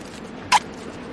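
A single very brief, sharp, hissy burst cuts through a quiet background, lasting well under a tenth of a second. It is the tiny explosive sneeze of a kiwi bird, with no repeats.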